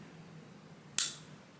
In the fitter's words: you hear it click all right now if you notice there is a space